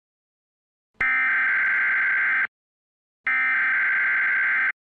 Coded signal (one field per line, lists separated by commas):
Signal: Emergency Alert System (SAME) tones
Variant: header bursts